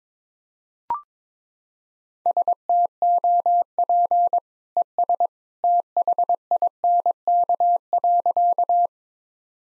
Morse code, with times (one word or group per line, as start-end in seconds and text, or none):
2.3-4.4 STOP
4.8-5.3 ES
5.6-8.9 THINK.